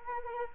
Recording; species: mosquito wingbeat signal from an infrared sensor; Anopheles arabiensis